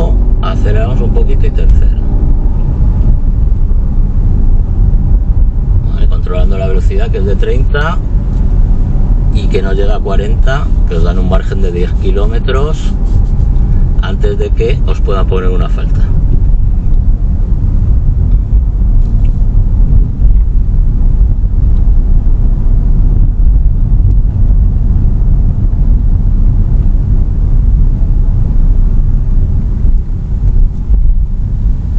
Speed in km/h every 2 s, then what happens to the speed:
26, 31, 30, 31, 29, 31, 31, 32, 28, 26, 27, 28, 28, 28, 24, 19.
0-13 steady at about 31. 18-26 steady at about 28. 26-32 slows to 19.